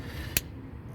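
The shift linkage end on a Mazdaspeed 3 is pushed up over the pivot on a new Corksport short shift plate, installed to give a 40 percent shorter throw, until it snaps on. A single sharp, bright click sounds at 0.4 s against a quiet background. The linkage is seated on the shifter.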